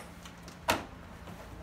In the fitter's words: there you go that pop said so